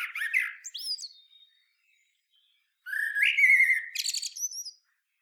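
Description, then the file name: Common blackbird song: a mellow whistled phrase, a pause of over a second, then another warble finishing in high squeaky trills. "Turdus merula"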